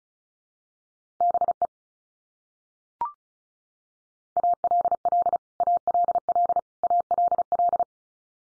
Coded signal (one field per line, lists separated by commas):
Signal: Morse code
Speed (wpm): 34 wpm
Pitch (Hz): 700 Hz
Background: none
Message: BE ALL ALL ALL